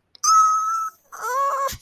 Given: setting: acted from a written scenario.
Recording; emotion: vocal sound without words; pain